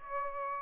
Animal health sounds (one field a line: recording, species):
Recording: mosquito wingbeat signal from an infrared sensor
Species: Aedes aegypti